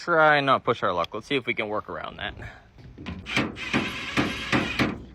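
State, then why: Stripped. Someone talks while working on a metal screw threaded into a nut underneath a military generator panel, a fastener that seems ready to strip. A series of sharp metallic hits follows at 3.1, 3.4, 3.7, 4.2, 4.5 and 4.8 seconds, and the fastener's thread ends up stripped out.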